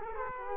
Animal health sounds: mosquito wingbeat signal from an infrared sensor; Culex quinquefasciatus

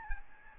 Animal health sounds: mosquito wingbeat signal from an infrared sensor; Aedes albopictus

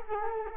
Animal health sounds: mosquito wingbeat signal from an infrared sensor; Culex quinquefasciatus

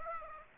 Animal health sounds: mosquito wingbeat signal from an infrared sensor; Aedes aegypti

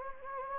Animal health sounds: mosquito wingbeat signal from an infrared sensor; Anopheles gambiae

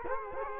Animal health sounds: mosquito wingbeat signal from an infrared sensor; Culex quinquefasciatus

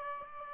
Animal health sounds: mosquito wingbeat signal from an infrared sensor; Aedes albopictus

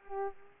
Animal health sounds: mosquito wingbeat signal from an infrared sensor; Culex pipiens

